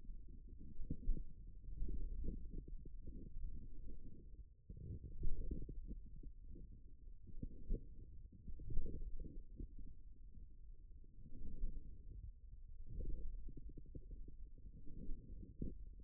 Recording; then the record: forearm muscle sounds (acoustic myography)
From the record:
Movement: forearm supination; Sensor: system 1, eight BSWA MPA416 microphones around the upper forearm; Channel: 6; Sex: male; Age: 41 years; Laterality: right